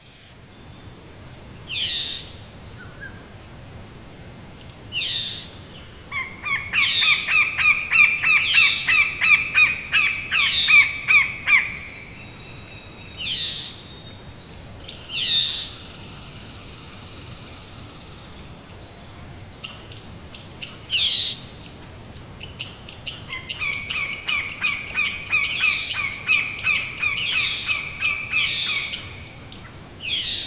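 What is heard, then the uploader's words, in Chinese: Birds call by a lakeside: short, bright bursts recur every few seconds, and two long rapid chattering trills run from about 6 to 12 seconds and again from 23 seconds to the end. A faint low rumble of wind or water sits underneath throughout. 湖边的鸟叫_伍德布法罗国家公园，靠近加拿大艾伯塔省派恩湖。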